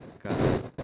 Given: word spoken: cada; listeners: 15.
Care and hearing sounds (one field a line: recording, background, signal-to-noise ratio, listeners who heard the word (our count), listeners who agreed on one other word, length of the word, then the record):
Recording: one Spanish word in noise, from a listening test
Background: noise modulated by one talker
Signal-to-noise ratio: -12.9 dB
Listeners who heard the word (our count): 0 of 15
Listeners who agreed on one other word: 7 of 15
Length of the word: 0.43 s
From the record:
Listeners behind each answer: 7, 2, 1, 1, 1, 1, 1, 1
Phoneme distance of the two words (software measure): 10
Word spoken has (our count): 2 syllables, 4 phonemes, stress on syllable 1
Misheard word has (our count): 2 syllables, 4 phonemes, stress on syllable 1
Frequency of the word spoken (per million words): 816.46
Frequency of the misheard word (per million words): 557.58